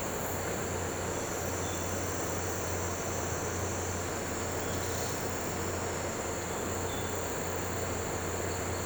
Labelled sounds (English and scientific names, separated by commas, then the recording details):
none
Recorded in pastures near Puerto Asís, Putumayo, Colombia, on 4 March 2025 at 10:00
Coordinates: 0.466, -76.322
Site CSA-02